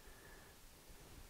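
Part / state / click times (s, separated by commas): 30 amp fuse into inline fuse holder / not seated / none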